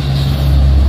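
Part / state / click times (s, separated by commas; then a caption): wiring connector into its socket in the engine bay (auxiliary fan/aircon circuit) / not seated / none. A loose wiring connector for the auxiliary fan and aircon circuit is being handled in the engine bay of a Toyota Corolla, ready to be pushed back into its socket until its plastic lock engages. Only a steady low engine-like hum with a strong tone around 60 to 150 Hz is heard throughout. Nothing has seated or clicked yet.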